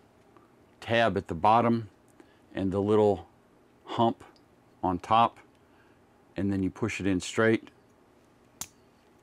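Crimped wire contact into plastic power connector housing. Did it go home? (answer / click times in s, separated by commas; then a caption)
yes / 8.6 s. A crimped metal contact on the red wire, with a tab at the bottom and a little hump on top, is pushed straight into its plastic power connector housing while someone talks. At 8.6 s a short, sharp click is heard as the tab and hump lock the contact into the housing, and it is seated.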